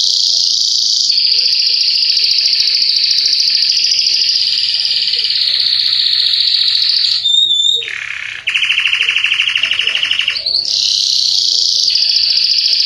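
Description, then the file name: Canary singing long, high rolling trills with a couple of brief breaks and a whistled note, the trill varying slightly in pitch. Yellow Belgian canary; song. "canto do canario belga amarelo"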